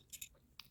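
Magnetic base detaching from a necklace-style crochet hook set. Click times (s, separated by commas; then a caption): 0.6 s. The magnetic base of a resin-and-wood crochet hook, from a necklace-style crochet hook set worn as a necklace, is tugged off. Two faint bright ticks come at about 0.1 and 0.2 s, then a sharp, short click at 0.6 s as the base pops off and is released.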